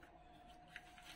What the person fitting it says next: Pag nag-click na gann, okay na yan. Ayan.